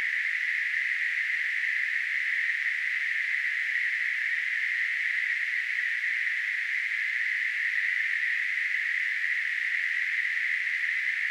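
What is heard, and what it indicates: A steady, unbroken hiss concentrated in a narrow mid-high band around 2 kHz. It holds the same pitch and loudness for about 11 seconds with no pauses or rhythm. It is a simulated tinnitus sound, a narrow-band noise form of the ringing or hissing heard in the ears.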